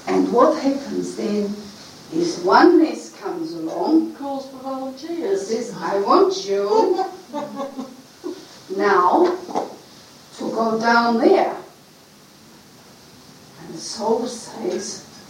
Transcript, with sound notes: And what happens then is Oneness comes along... And calls for volunteers. I want you! (Laughter) Now! You are going down there. And the Soul says,